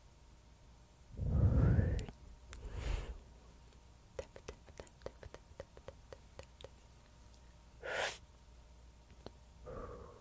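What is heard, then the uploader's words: Mouth sounds and hand movements: a loud, low blowing burst around one to two seconds, then a softer rustle near three seconds. A quick series of sharp clicks or plucks follows from four to seven seconds, with a bright hiss near eight seconds and a faint breathy sound at the end. MOUTH SOUNDS, HAND MOVEMENTS, AND PLUCKING.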